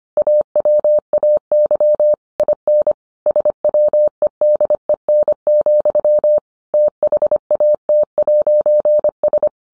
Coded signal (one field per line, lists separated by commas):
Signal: Morse code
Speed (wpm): 25 wpm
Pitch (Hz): 600 Hz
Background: none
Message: AWAY IN SWEDEN, THAT'S